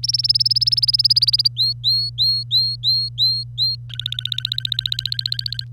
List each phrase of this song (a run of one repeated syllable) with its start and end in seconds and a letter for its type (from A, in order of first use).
0.03-1.48 A, 1.57-3.75 B, 3.90-5.64 C